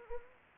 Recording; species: mosquito wingbeat signal from an infrared sensor; Anopheles arabiensis